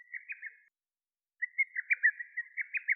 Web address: Lesser cuckoo